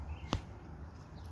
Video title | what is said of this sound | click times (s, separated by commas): Digitek SX91 Assembly | so like i said once you get one side to click in the other side usually clicks in two clicks and you're | 0.3 s